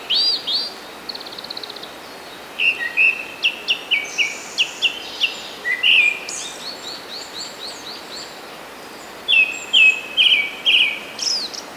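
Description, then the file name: Japanese thrush singing varied whistled phrases, many built from rapidly repeated notes, with brief pauses between bursts and a quiet background hiss. "kurotugumi"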